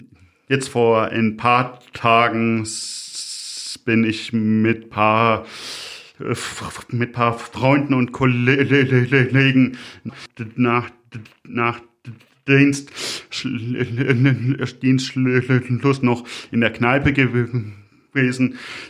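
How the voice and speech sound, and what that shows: An adult man tells a story in German with repeated words and syllables ("mit paar, mit paar", "nach, nach", "Dienst, Dienstschluss"), prolonged sounds and frequent silent blocks of up to more than a second. This is developmental stuttering, present all his life, with part-word and whole-word repetitions and blocks.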